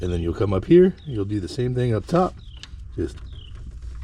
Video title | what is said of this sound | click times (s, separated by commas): The Cylinder #8 Hack: GM 5.3L Spark Plugs Made Easy! | Which, see, that one's not on yet. | none